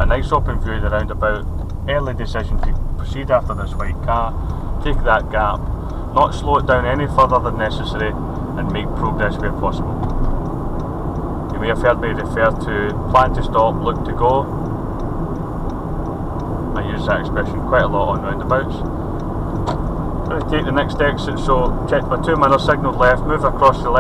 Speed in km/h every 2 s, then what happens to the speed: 24, 24, 29, 37, 47, 50, 52, 52, 48, 48, 53, 53.
3-12 speeds up to 52. 12-19 steady at about 48.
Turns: 7-18.